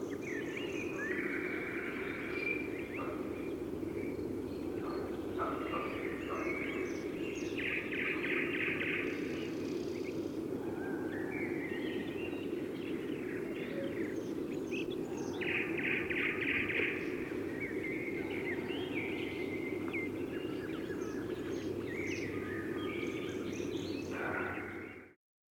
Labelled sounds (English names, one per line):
Eurasian Woodcock call